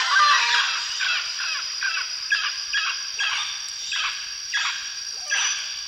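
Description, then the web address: Mealy amazon giving a run of harsh, raspy squawks, roughly one to two a second, over a steady high insect hum. Recorded in the eastern lowlands of South America. "Natures Songs S America Eastern Lowlands. Mealy Amazon"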